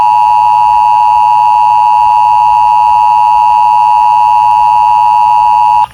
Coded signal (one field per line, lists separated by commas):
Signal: Emergency Alert System (SAME) tones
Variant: 853 and 960 Hz attention tone